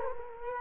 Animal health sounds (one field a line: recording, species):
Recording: mosquito wingbeat signal from an infrared sensor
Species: Culex quinquefasciatus